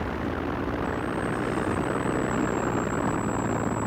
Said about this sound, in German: Ich drossel den Motor ab. Weshalb? Ich spart Benzin.